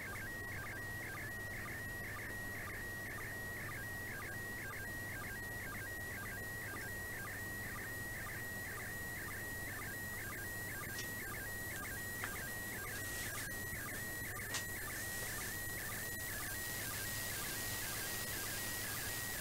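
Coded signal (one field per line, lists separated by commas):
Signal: SSTV (slow-scan television)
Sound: steady high whistle with rhythmic chirping sync blips, repeating about twice a second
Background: radio static, low hum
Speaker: i nareszcie udało się bardzo silny sygnał akurat rzem na taśmę tenel odu doł minuta widoczności piękny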